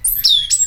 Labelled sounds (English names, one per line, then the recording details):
Stitchbird song
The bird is a male
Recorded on Tiritiri Matangi Island, New Zealand, in 2005
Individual 10, of nest box 12